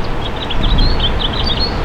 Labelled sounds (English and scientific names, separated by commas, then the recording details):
House Finch (Haemorhous mexicanus) song
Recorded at Westbury on Long Island, New York, on 27 May 2013
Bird A